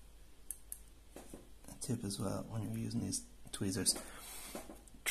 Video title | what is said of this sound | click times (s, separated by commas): Vostok Cosmodiver / Luna Dude - Full DIY build | you'll hear that it'll click as it unseats | 0.5 s, 0.7 s